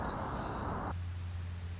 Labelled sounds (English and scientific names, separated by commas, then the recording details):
Orange-crowned Warbler (Leiothlypis celata)
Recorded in Sonoma County, California